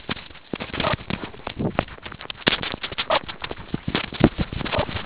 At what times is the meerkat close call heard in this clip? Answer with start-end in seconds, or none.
0.82-0.96, 3.09-3.20, 4.72-4.87